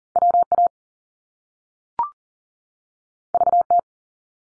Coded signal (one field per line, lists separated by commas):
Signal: Morse code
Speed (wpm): 38 wpm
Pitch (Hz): 700 Hz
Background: none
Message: W A V T